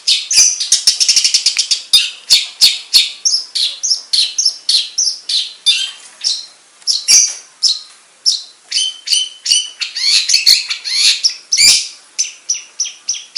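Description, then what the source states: Long-tailed shrike song: a fast, dense run of scratchy, chattering and squeaky notes with brief pauses, high-pitched throughout. Banyuwangi and Madura cendet types.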